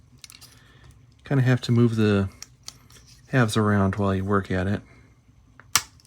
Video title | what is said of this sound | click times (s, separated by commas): Bachmann Spectrum DASH 8-40CW - Tune-Up, Build & Review | eventually they snap in place | 5.8 s